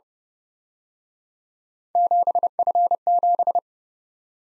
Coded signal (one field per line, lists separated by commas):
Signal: Morse code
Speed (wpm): 29 wpm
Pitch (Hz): 700 Hz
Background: none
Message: 7F7